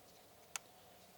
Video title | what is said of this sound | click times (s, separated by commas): DIY Spark Plugs Replacement 2017 Kia Sportage | Make sure you push it in before until it clicks. | 0.6 s